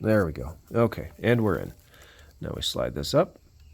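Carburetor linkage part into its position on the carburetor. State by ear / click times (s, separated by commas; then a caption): not seated / none. A carburetor linkage part is being fitted into its position on the carburetor, and a metal part is then slid up on the carburetor. Someone talks over faint handling sounds, with no sharp snap heard. Nothing has seated or clicked yet.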